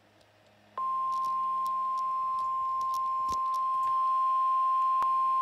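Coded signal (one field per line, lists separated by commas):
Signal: Emergency Alert System (SAME) tones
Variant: 1050 Hz attention tone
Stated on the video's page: NOAA Weather Radio Required Weekly Test on transmitter KWO37.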